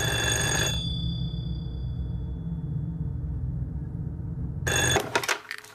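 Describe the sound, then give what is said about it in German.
A telephone bell rings at night in two loud, jangling bursts separated by a pause of about four seconds, over a steady low hum; the second ring breaks off into a few sharp clicks. “Und ich ließ es einige Millionen Male läuten, bis ich mir ausmalen konnte, wie eine samtweiche Stimme zärtlich in mein Ohr flüstern würde.”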